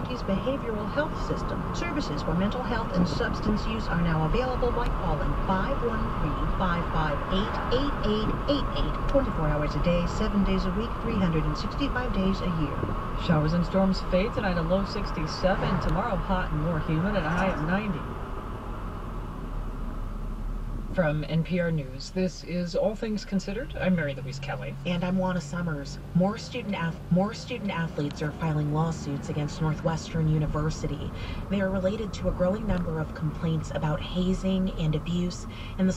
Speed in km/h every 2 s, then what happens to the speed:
40, 48, 50, 52, 52, 48, 45, 44, 40, 32, 23, 6, 0, 0, 13, 15, 16, 16.
0-6 speeds up to 52. 6-23 slows to 0. 23-26 standing. 26-32 pulls away to 16.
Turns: 26-31.